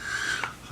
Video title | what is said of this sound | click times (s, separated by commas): Charon Mini | like I say that it's just clicks right into place snaps right into place just | 0.4 s